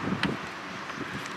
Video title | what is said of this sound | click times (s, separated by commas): Toyota Avalon Headlight Change-Same for years 2013 to 2018! | once you got it in, turn it down. You'll hear like a little snap sound down. | 0.2 s